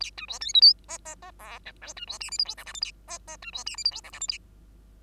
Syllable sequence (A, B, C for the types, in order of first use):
A B C D E F G G G H I J B C K L M N O P Q A G G B C K L M N O P Q A